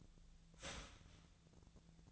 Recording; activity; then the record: daily activity, microphone in the room; start toaster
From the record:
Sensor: 3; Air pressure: 1009.2 hPa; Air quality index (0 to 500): 197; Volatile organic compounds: 16 ppm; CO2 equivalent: 2558 ppm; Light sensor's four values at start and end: 32/80/34/36 and 32/80/34/36